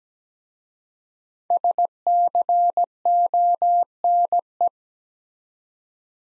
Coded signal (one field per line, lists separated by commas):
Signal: Morse code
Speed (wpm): 17 wpm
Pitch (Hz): 700 Hz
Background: none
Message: SCONE